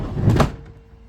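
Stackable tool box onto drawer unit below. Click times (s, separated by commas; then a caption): 0.4 s. A plastic ToughBuilt StackTech stacking tool box is slid onto the TB-B1-D-72 2-drawer unit below it. A low rolling rumble builds from about 0.2 s into a sharp clack at 0.4 s, then fades to a quiet tail. The lock engages and the box seats on the stack at 0.4 s.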